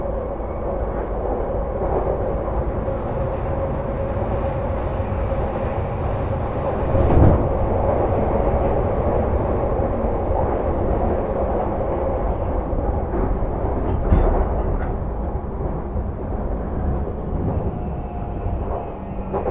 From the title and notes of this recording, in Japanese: 耳で楽しむ鉄道旅 山手・京浜東北・中央線 目黒→田町→東京→御茶ノ水。目黒からは山手線内回りに乗って田町まで移動し、京浜東北線の快速電車に乗り換えて東京に向かいます。東京からは中央線快速で御茶ノ水へ。